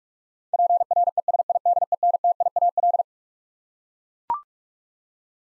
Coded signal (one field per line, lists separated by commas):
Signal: Morse code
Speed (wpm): 42 wpm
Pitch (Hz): 700 Hz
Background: none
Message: PRESIDENTIAL